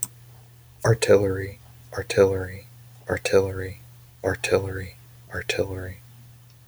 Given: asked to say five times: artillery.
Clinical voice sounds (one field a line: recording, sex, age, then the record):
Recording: repeated word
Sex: male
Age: 30 to 39 years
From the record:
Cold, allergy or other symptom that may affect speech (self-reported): no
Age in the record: 33 years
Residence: Virginia, United States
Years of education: 16